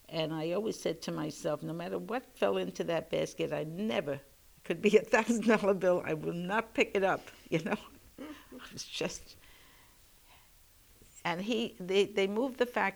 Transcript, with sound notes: And I always said to myself, no matter what fell into that basket I never ---- could be a thousand dollar bill ----- I will not pick it up, you know. [She laughs] Just. And he, they, they moved the factory.